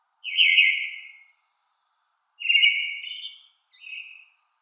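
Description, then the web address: Eyebrowed thrush giving two drawn-out whistled phrases, the second followed by a shorter note, with a quiet background. "Schulze Peter Eyebrowed Thrush song"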